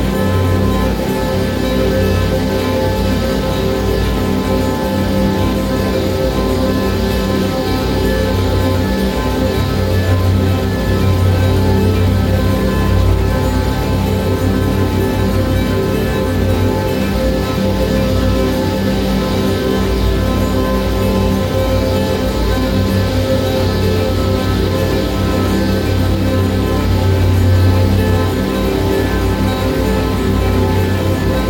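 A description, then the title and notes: A dense, unbroken drone wall built from layered nature recordings, holding a steady level throughout. Thick low rumble and sustained tones dominate, with a hissing wash above, and slow swells in the low end around ten and twenty-eight seconds. Noise wall drone I created using various field recordings of nature, that I made over the last few years.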